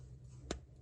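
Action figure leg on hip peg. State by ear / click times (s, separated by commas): released / 0.5 s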